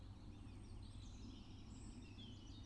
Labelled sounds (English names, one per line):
Eurasian Blue Tit